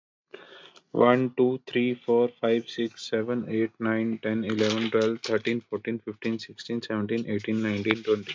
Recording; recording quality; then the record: counting at a fast pace; moderate, slight background noise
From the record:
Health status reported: healthy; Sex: male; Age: 32 years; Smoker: no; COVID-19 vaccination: both doses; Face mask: not worn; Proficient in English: yes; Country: India